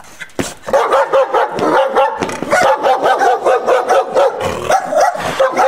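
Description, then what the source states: Dog barking in a rapid, steady run of loud, harsh barks, several each second with barely a pause. Large dog, barking angrily.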